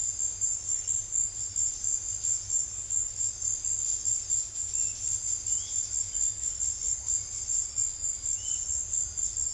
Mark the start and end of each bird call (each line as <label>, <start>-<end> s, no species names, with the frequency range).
bird call (1.5-3.3 kHz), 4.65-4.97 s
bird call (2.4-3.8 kHz), 5.45-5.79 s
bird call (2.3-3.3 kHz), 8.33-8.63 s